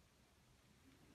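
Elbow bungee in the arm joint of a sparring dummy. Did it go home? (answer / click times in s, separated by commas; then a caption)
no / none. The elbow bungee in the arm joint of a Hawk CTP sparring dummy is handled: with the arm position set, a finger goes into the bungee tube and the arm is extended to lock the elbow bungee joint. Only a faint, steady low rustle with soft handling noise is heard, with no sharp transients. Nothing has seated or locked yet.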